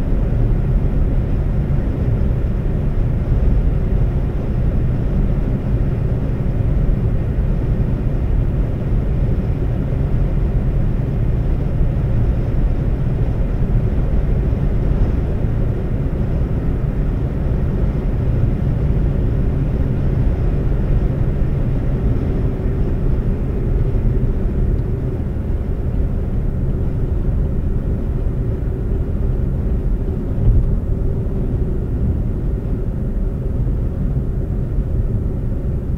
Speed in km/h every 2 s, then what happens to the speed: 130, 130, 130, 130, 130, 130, 130, 130, 130, 130, 130, 118, 108, 103, 98, 97, 93, 90.
0-21 steady at about 130. 21-36 slows to 90.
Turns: none.